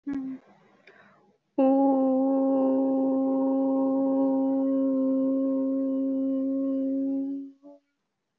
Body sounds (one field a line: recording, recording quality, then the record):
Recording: sustained vowel as in boot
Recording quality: excellent, no background noise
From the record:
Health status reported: healthy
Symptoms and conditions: none ticked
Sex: female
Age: 23 years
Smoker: not ticked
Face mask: not worn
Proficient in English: yes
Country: India